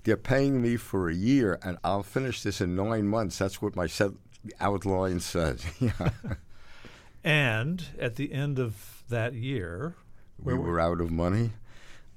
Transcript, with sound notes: They're paying me for a year, and I'll finish this in nine months. That's what my said - outline said. Yeah (laughter).
And at the end of that year?
We were out of money.